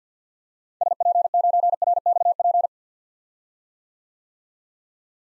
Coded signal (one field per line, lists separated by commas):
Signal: Morse code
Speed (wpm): 46 wpm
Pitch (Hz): 700 Hz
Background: none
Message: SP9RXP